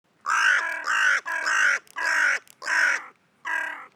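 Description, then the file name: Carrion crow calling: six harsh, hoarse caws in quick succession, each about half a second long, with a short pause before the last one. "Corvus corone"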